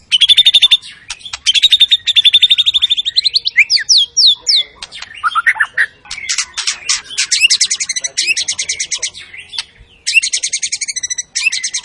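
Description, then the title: White-rumped shama song: long fast rattling trills alternate with sweeping whistled notes and chattering bursts, delivered almost without pause. Used as a lure sound; energetic shama delivering its full repertoire, intended to stimulate other shamas' emotion. "PANCINGAN MURAI BATU. MURAI GACOR SUPER EDAN SEMUA MATERI DI KELUARIN COCOK BUAT DONGKRAK EMOSI. SHAMA BIRD"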